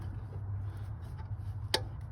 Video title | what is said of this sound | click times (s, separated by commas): (Project Thunder) 1996 F-150 Distributor Cap and Rotor Button Replacement 300ci/4.9L | hear that snap beautiful | 1.7 s